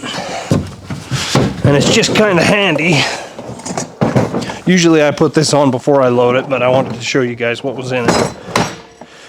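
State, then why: Seated. Someone talks while a welder sets a plastic modular tool box onto a Milwaukee bracket mounted in a truck bed, positioned so the exhaust won't heat and melt it. The box latches onto the bracket with a sharp snap at 8.6 s and is seated in place.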